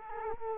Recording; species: mosquito wingbeat signal from an infrared sensor; Culex quinquefasciatus